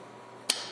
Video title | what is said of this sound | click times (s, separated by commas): FordExpiditionLightsSmall | securely clicks into place | 0.5 s